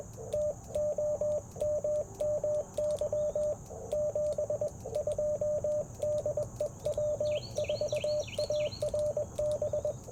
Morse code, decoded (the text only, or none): TOMMY 72 DE W4ARB